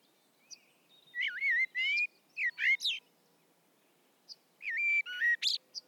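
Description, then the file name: Common blackbird delivering fluted, slurred whistles in two groups, the second closing with a sharp high squeak. "Turdus merula"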